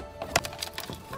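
A plastic platform piece of a toy doll pool playset is pressed into its base, with music playing in the background. A sharp plastic snap at 0.4 s stands out among several lighter clicks and taps. The platform snaps into place and is seated.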